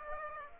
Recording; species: mosquito wingbeat signal from an infrared sensor; Aedes aegypti